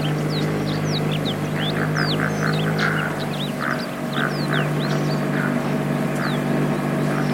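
vehicle, motorboat engine on water

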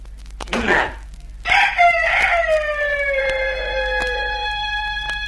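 bird, rooster crowing

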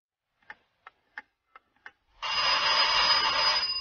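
household object, doorbell ringing

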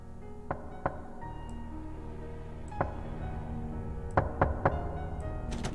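household object, knocking on a door

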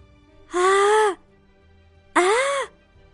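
sound effect, human scream

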